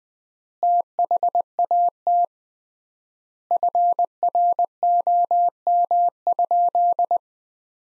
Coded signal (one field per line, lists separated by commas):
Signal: Morse code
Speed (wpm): 20 wpm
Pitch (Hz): 700 Hz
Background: none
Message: THAT FROM?